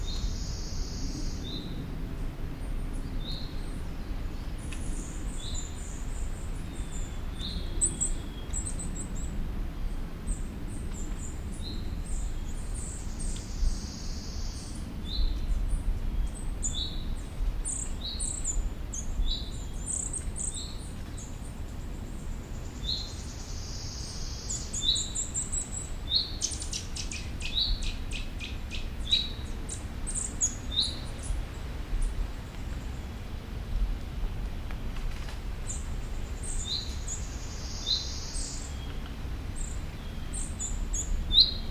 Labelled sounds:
Eurasian Nuthatch (Sitta europaea)

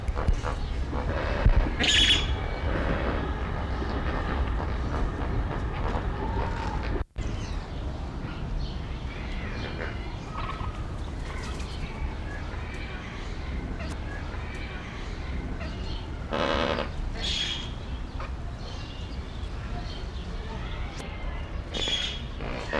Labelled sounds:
Lesser Flamingo (Phoeniconaias minor)

